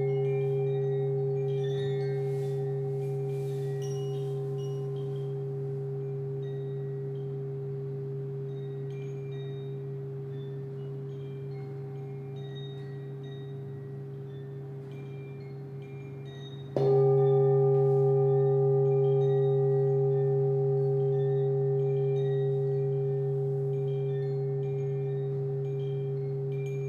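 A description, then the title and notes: Singing bowls hum with a steady low drone and a clear ringing tone that slowly fades over the first sixteen seconds. Around seventeen seconds a bowl is struck again, the ringing jumps louder and brighter, then decays gently, with faint light tinkles scattered throughout. This is the first track I recorded of Vicky and Emma at Omoon Studio in Tsim Sha Tsui, HK. Emma journeys around the room and plays singing bowls or other sound instruments to each participant while Vicky creates the overall mood in the space from a stationary position.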